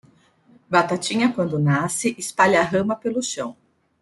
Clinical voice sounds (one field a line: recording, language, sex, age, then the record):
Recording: short text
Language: Brazilian Portuguese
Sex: female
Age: 30 to 39 years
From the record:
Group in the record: control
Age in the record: 39 years